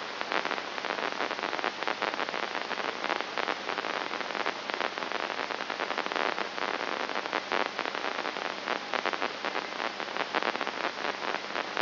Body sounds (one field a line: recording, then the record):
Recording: brain microelectrode recording played as sound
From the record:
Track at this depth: inside the subthalamic nucleus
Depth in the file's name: 1.704 mm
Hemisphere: left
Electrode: 2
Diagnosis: Parkinson's disease